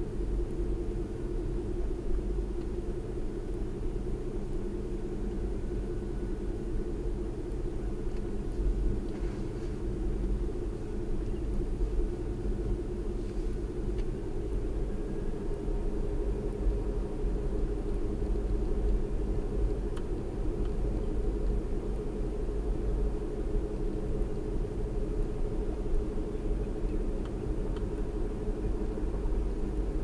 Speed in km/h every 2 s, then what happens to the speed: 39, 39, 39, 39, 39, 39, 39, 45, 45, 45, 45, 47, 47, 47, 47.
0-12 steady at about 39. 12-14 speeds up to 45. 14-30 steady at about 45.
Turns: none.